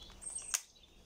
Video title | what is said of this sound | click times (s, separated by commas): Zino 2 verrouillage batterie attention ! | main très bien enclenché l'autre | 0.5 s